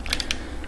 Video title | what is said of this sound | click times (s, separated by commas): DX Chogokin VF-25S Ozma Lee type Renewal Version Armor Parts Set Gerwalk and Fighter mode | Just pops right in there. | 0.3 s